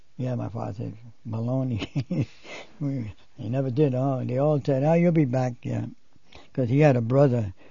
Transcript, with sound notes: Yeah, my father said, "Baloney." ( he laughs ) He never did. "Oh," they all said, "ah, you'll be back." Because he had a brother.